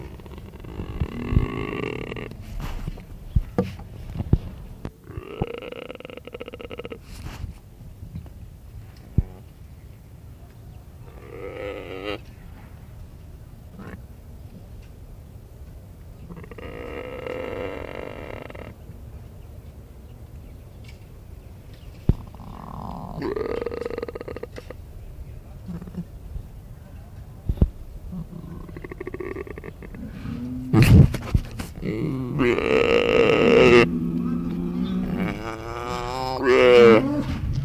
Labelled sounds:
Mule Deer call

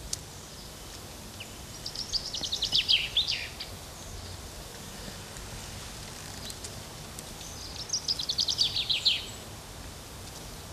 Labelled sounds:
Common Chaffinch song

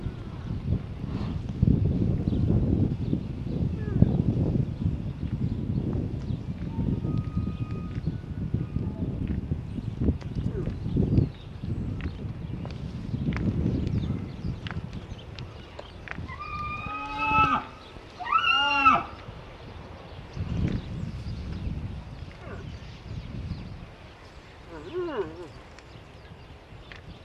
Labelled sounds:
Moose call

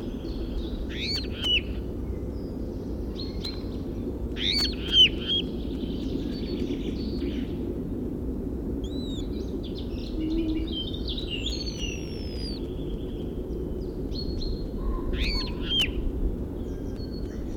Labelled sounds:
European Starling

